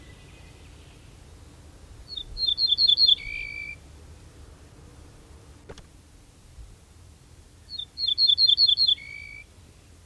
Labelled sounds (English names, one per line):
Ortolan Bunting song